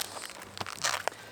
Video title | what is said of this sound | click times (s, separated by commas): Agilite Magnetix – Tactical Gimmick or Game Changer | those magnets just popped into place. | 1.1 s